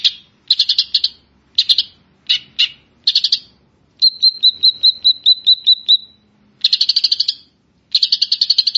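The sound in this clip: Grey-cheeked bulbul song: short bursts of harsh, rapid chatter, a steady sequence of about ten sharp whistled notes, then more fast chattering phrases.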